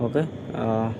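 A bike combination lock's shackle is being pushed into the lock body with the dials at all zeros while someone talks. The shackle has not seated or clicked yet, and there is no sharp click.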